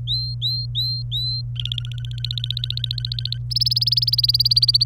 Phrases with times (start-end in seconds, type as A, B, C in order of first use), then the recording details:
0.00-1.42 A, 1.55-3.38 B, 3.50-4.84 C. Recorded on 27 April 2018 at 15:01. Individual llb3